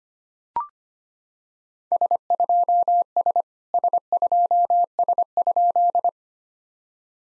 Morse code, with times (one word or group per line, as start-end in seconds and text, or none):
1.9-3.4 S2S
3.7-6.1 S2S?